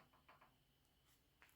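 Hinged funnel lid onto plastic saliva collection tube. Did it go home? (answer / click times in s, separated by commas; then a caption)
no / none. A hinged funnel lid on a plastic saliva collection tube is handled while the tube is held upright. Soft handling sounds come through, with brief faint taps around 0.3 s and 0.4 s and a sharper tap at 1.4 s. Nothing has seated or clicked yet.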